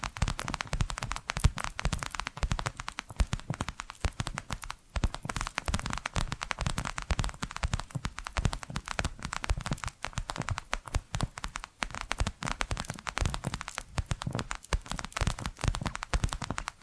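Rapid tapping and scratching runs without pause for the whole stretch, a dense flurry of sharp little clicks and rasps. The strokes come fast and fairly even, crisp and bright with some lower thumps underneath, and a brief lull falls near the five-second mark.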